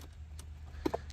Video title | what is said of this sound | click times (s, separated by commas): Jeep Cherokee Tesla Style | You hear the clips clicking off. | 0.4 s, 0.9 s, 1.0 s, 1.1 s